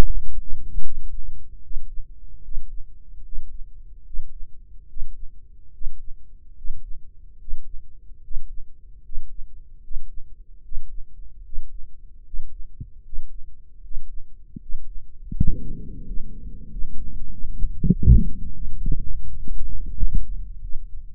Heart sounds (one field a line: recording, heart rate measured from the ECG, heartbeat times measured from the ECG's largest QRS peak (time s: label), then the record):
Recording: heart sounds by microphone in the right ear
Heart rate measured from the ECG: 79 bpm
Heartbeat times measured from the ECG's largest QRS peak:
0.05 s: heartbeat
0.82 s: heartbeat
1.61 s: heartbeat
2.42 s: heartbeat
3.23 s: heartbeat
4.04 s: heartbeat
4.87 s: heartbeat
5.72 s: heartbeat
6.55 s: heartbeat
7.38 s: heartbeat
8.22 s: heartbeat
9.03 s: heartbeat
9.81 s: heartbeat
10.62 s: heartbeat
11.43 s: heartbeat
12.24 s: heartbeat
13.03 s: heartbeat
13.82 s: heartbeat
14.60 s: heartbeat
15.34 s: heartbeat
16.03 s: heartbeat
16.69 s: heartbeat
17.31 s: heartbeat
17.90 s: heartbeat
18.53 s: heartbeat
19.27 s: heartbeat
19.96 s: heartbeat
20.61 s: heartbeat
From the record:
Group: healthy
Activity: breath hold 0-16 s, rest 16-21 s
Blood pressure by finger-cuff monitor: 152/93 mmHg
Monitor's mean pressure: 109 mmHg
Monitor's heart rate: 75 bpm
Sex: male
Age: 23 years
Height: 179 cm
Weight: 87 kg